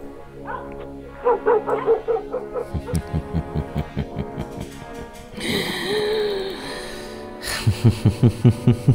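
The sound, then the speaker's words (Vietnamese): A dog barks in quick repeated bursts, a steady run of sharp woofs, then a longer whining howl, followed by another rapid series of barks. No one speaks. “Có người đang nằm cố để dỗ cơn ngủ vì cái tiếng chó kia nó cứ văng vẳng bên tai”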